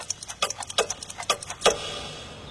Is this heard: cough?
no